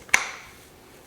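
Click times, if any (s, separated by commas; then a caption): 0.1 s. A plastic brush head is pushed onto the drive hub of an Aorika cordless electric spin scrubber. A faint tick at 0.1 s is followed by one sharp, bright click at 0.1 s that rings briefly and fades. The brush head is clicked into place and seated.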